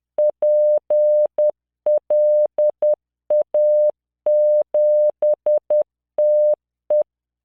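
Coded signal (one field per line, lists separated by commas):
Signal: Morse code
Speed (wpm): 10 wpm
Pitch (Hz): 600 Hz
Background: none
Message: PLA7TE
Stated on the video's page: Software-generated Morse practice of words with numbers and symbols at 10 wpm, 600 Hz tone, standard 3-dot spacing.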